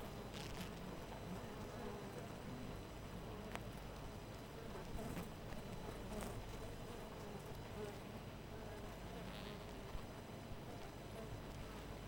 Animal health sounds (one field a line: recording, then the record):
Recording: honeybee colony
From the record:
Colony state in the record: missing queen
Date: 14 July 2017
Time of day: 4:44